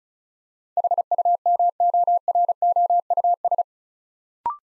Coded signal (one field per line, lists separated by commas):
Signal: Morse code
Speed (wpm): 36 wpm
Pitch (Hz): 700 Hz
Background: none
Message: HUMOROUS